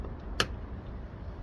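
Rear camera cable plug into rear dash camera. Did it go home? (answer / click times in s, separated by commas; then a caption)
yes / 0.4 s. A rear camera cable plug is pushed by hand into the rear camera unit of a Viofo A329 two-channel dash cam. It snaps into place with one sharp, loud click at 0.4 s, and the connector is seated. A faint tick comes just before it, over a low background rumble.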